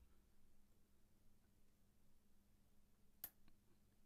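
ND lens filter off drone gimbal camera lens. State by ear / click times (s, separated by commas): released / 3.2 s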